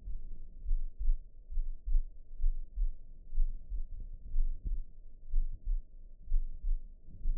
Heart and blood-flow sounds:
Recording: heart sounds by optical stethoscope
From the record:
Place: tricuspid valve (TV)

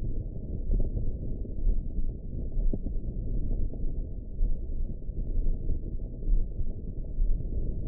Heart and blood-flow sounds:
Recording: heart sounds by optical stethoscope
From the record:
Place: pulmonary valve (PV)

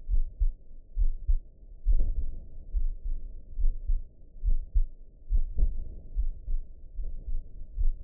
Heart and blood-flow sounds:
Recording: heart sounds by optical stethoscope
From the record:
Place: pulmonary valve (PV)

